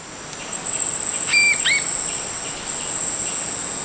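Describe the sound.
Bird calls: a quick pair of short whistled notes near the middle, over a steady high-pitched insect drone.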